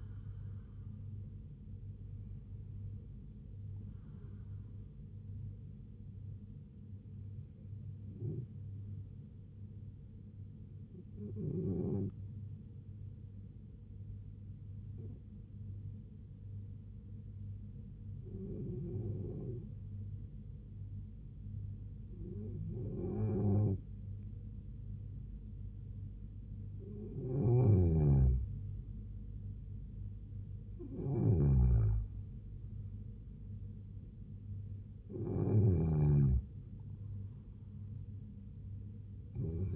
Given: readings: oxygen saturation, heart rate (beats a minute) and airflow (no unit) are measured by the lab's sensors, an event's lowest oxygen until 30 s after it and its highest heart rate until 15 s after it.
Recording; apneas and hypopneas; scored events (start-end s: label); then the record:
breathing in sleep by a smartphone at the bedside; 1
0.00-10.00 s: awake
10.00-28.70 s: hypopnea (N1, oxygen 96% highest, then 90% lowest, heart rate 70 at the start, 77 highest)
From the record:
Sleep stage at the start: N1 (lightest sleep); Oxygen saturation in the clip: 91 to 96%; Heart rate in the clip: 69 to 77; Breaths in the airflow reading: 8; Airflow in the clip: -3.7 to 2.6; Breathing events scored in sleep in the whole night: 158 in 7.3 hours asleep